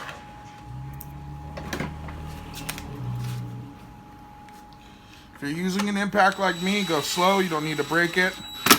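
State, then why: Not seated. The first mounting bolt for an LED headlamp is driven slowly with an impact driver into the bracket on a Royal Enfield Himalayan motorcycle and snugged with a brief hit, taking care not to break it. Low whirring and short sharp taps come between about 1.0 and 2.8 seconds, and someone talks from about 5.4 seconds. Nothing has seated or clicked home yet.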